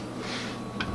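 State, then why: Seated. A plastic lid is put onto a blender jar and locks into place. Against a steady low hum, quiet clicks are heard at 0.8 s and 0.9 s as the lid seats on the jar.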